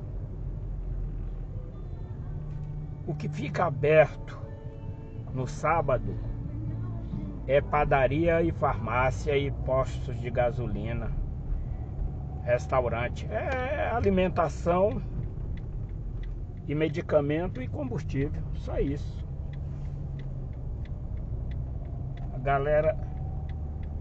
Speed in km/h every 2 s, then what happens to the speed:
19, 15, 12, 19, 28, 28, 30, 24, 17, 21, 27, 30.
0-4 slows to 12. 4-8 speeds up to 28. 12-17 slows to 17. 17-24 speeds up to 30.